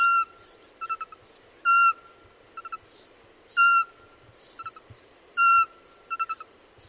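Bird song: clear steady whistled notes alternate with quick stuttered note clusters and thin high chirps, the phrases repeating at a regular pace.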